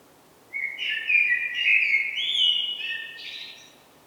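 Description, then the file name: Common blackbird singing a mellow fluted phrase of warbled whistles, ending in a brief higher squeaky flourish, over faint background hiss. "Turdus merula"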